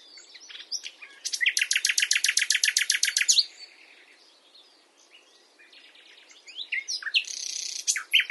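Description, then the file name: Common nightingale song: a fast, loud rattling trill of repeated notes lasting about two seconds, between softer varied phrases. "Luscinia megarhynchos"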